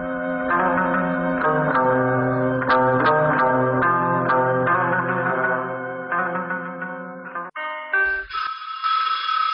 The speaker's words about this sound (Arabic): ايوه اديني جايه اللي بتدق الجرس.